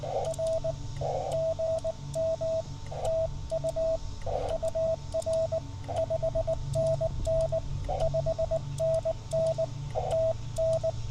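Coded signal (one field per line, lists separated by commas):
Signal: Morse code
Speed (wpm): 17 wpm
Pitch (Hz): 640 Hz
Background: radio noise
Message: R GM TU UR 5NN 5NN TN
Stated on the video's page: Park activation CW from Henry Horton State Park, Tennessee, on a Yaesu FT-817 with 300 Hz filter and CHA SS25 antenna.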